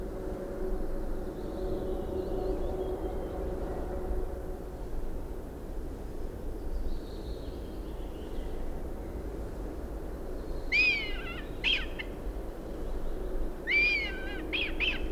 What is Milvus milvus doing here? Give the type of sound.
call